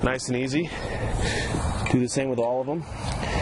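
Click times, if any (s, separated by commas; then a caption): none. Someone talks while handling a tubular frame pole of a Bownet Big Mouth travel portable baseball practice net, which has a spring push-button knob and is being fitted into the base socket. Nothing has seated or clicked yet; the clip ends before the pole snaps home, with only speech and steady background noise heard.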